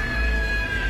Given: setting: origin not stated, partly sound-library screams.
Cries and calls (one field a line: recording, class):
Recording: one-second piece from a danger detection set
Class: woman in danger